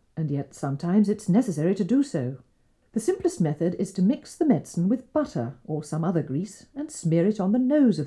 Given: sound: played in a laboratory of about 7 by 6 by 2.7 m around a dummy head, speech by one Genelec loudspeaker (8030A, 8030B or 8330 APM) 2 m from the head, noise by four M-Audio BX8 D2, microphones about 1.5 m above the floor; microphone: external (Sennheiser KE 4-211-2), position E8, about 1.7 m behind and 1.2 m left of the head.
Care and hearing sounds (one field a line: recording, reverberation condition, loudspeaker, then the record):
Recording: female speech in English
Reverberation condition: low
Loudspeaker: 150 degrees to the left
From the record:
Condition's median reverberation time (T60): about 310 ms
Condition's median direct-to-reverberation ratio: about 3.5 dB